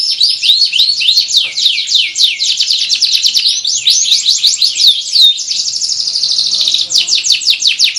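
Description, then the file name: Canary singing continuously in quick rolling tours of high downslurred notes, the phrases shifting in speed, with a brief whistled note midway. Canary training song with one-minute pauses. "kenari-gambate-jeda-1-menit"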